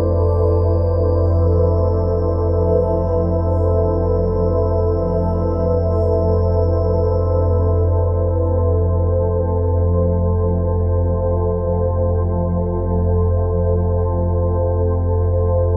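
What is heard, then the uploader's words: Steady meditation music built from sustained, overlapping tones with a heavy, humming low drone underneath and a gently pulsing middle layer. A thin high ringing tone hangs over the first half, then fades out around eight seconds. Loudness stays even throughout. Astral Projection - 432 Hz - Binaural Beats Meditation Music for Lucid Dreaming Deep Relaxation.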